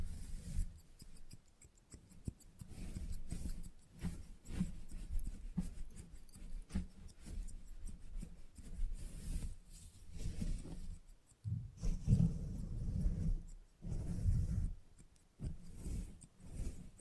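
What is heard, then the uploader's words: Scissors and handling sounds from a salon haircut, a busy run of short scratchy snips and rubs with no steady rhythm. Low, muffled thumps and brushing fill the bottom throughout, growing heavier after about twelve seconds, with brief near-silent gaps around eleven and fifteen seconds. Salon Haircut Head Massage, Scissors and Clipper.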